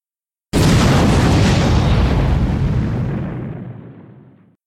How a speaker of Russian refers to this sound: Вот это был взрыв! Казалось, земля содрогнулась.